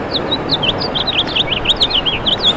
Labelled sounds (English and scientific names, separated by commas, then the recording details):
House Finch (Haemorhous mexicanus) song
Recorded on Long Island, New York, on 6 June 2011
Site FL
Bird A